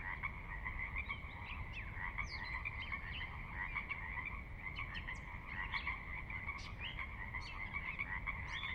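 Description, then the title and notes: Pacific Chorus Frog chorus, many overlapping croaks merging into a steady pulsing din, with scattered sharper higher calls and a low rushing water noise beneath throughout. Recorded at midnight on the valley floor of Sinlahekin Valley, Sinlahekin Wildlife Area, Washington, glacier-dug trench near the Cascades' northeastern slope; distant water spillage in background; unprocessed raw recording. "Sinlahekin Valley midnight. the ever-present Pacific Chorus Frogs that are a fixture of the Northwest Soundscape"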